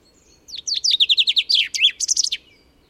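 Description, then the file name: Common chaffinch song: a quick run of bright notes falling in pitch, speeding into a rattling trill and ending in a short flourish; faint low hum beneath. "Fringilla coelebs"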